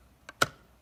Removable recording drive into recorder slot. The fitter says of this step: just push until it clicks but